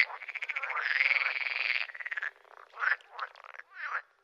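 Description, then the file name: Pool frog giving a long rapid pulsed trill that swells and fades, followed by three short emphatic croaks. "grenouille de lessona"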